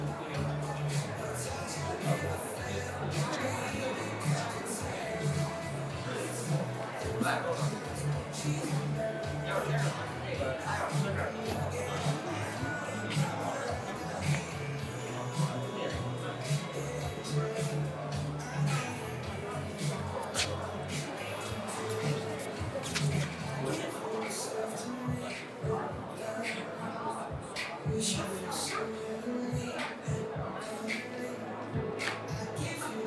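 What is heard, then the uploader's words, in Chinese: Apple store in Sanlitun, Beijing at eight in the evening: a steady, dense murmur of overlapping voices with shuffling and occasional clicks throughout. 晚上八点的Apple店｜城市声音。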